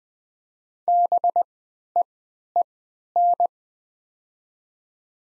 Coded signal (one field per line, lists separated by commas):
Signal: Morse code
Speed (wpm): 20 wpm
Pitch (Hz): 700 Hz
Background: none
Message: BEEN